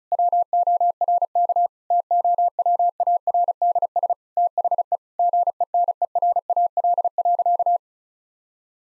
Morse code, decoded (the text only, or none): WORK TOWARDS THE GENERAL.